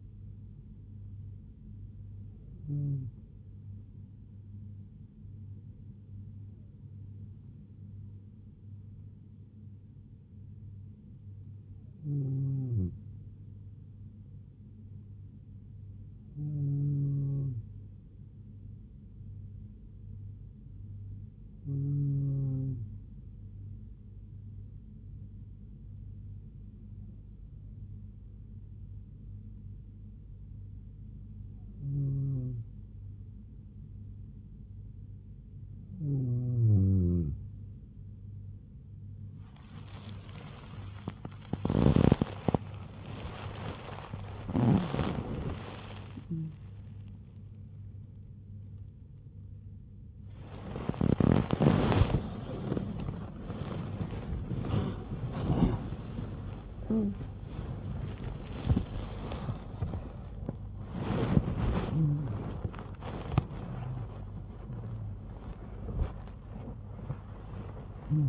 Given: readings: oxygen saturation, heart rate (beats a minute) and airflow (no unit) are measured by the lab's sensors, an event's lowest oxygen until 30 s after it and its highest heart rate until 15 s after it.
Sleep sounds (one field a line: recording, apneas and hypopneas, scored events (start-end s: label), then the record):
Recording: breathing in sleep by a smartphone at the bedside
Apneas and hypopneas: none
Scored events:
5.00-35.00 s: new sleep stage, N2 (light sleep)
35.00-65.00 s: new sleep stage, awake
65.00-68.29 s: new sleep stage, N1 (lightest sleep)
From the record:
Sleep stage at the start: N3 (deep sleep)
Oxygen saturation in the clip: 94 to 96%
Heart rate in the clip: 68 to 93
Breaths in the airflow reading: 15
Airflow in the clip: -7.7 to 10.9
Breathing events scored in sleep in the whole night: 158 in 7.3 hours asleep